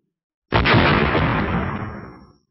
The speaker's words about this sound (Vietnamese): Nương theo một trận nổ oanh minh chấn động thiên khung